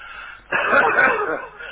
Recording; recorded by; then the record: voluntary cough; telephone call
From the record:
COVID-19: positive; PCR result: checked with the laboratory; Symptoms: no